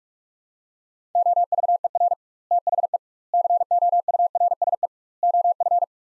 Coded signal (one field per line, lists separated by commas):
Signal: Morse code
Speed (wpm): 47 wpm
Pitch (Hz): 700 Hz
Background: none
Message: OVER THE COURSE OF